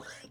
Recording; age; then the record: pig call; piglet (1 to 25 days)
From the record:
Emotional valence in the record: negative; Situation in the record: long isolation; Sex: male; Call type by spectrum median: low-frequency call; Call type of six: mixed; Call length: 0.32 s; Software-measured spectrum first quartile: 1031 Hz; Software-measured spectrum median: 2004 Hz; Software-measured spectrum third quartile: 5002 Hz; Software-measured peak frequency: 1509 Hz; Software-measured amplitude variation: 121 dB a second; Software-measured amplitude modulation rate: 14.3 a second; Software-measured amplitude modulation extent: 8.4 dB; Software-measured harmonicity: 0.8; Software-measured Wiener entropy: -1.97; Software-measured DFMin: 923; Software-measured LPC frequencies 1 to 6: 599, 1550, 3206, 3770, 5456, 6386 Hz